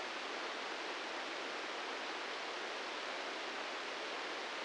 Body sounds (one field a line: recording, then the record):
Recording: brain microelectrode recording played as sound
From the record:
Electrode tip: inside the subthalamic nucleus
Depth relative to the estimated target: -5 mm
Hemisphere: left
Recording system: NeuroSet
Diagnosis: Parkinson's disease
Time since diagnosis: 13 years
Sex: male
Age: 66 years